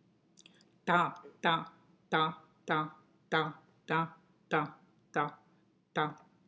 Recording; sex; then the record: repeated syllable /ta/; female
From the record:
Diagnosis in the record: healthy control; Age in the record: 68 years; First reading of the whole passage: 56 s, 9.3 characters per second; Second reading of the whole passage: 53 s, 9.8 characters per second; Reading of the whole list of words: 52 s, 5.4 characters per second